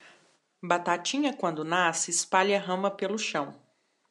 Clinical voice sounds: short text; Brazilian Portuguese; female; 30 to 39 years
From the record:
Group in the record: control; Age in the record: 34 years

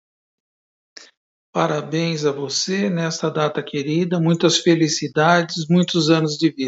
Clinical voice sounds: short text; Brazilian Portuguese; male; 60 to 69 years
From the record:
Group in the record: control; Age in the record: 60 years

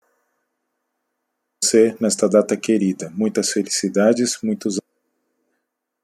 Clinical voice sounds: short text; Brazilian Portuguese; male; 40 to 49 years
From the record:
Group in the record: control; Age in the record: 47 years

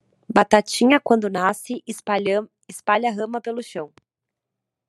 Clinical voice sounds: short text; Brazilian Portuguese; female; 20 to 29 years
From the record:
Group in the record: control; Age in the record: 29 years

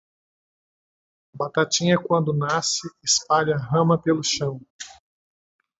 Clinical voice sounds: short text; Brazilian Portuguese; male; 50 to 59 years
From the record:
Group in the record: control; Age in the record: 56 years

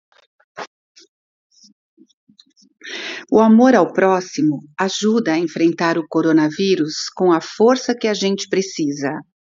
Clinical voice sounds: spoken sentence; Brazilian Portuguese; female; 60 to 69 years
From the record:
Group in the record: control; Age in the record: 62 years

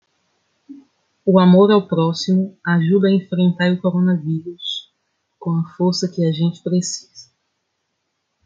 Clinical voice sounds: spoken sentence; Brazilian Portuguese; female; 30 to 39 years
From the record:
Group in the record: control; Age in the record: 34 years

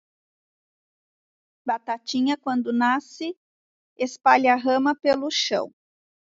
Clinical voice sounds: short text; Brazilian Portuguese; female; 40 to 49 years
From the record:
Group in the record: control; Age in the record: 46 years

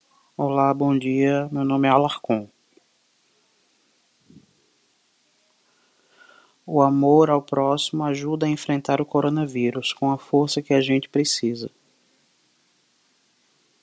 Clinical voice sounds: spoken sentence; Brazilian Portuguese; male; 40 to 49 years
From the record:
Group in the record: control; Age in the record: 41 years

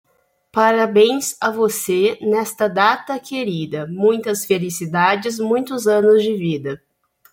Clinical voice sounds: short text; Brazilian Portuguese; female; 20 to 29 years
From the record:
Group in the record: control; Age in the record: 23 years

